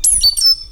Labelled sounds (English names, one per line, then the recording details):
Stitchbird song
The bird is a male
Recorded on Tiritiri Matangi Island, New Zealand, in 2005
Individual 16, of nest box 24